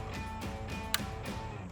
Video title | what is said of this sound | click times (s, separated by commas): 2010-2018 RAM 2500 Morimoto X3B LED Third Brake Light Review & Install | the little gray tab just locks down, | 0.9 s